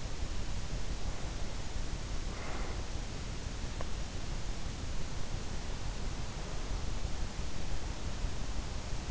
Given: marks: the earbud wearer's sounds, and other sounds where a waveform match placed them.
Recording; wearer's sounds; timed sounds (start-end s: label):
sounds in sleep by an in-ear microphone; breath
2.28-2.83 s: breath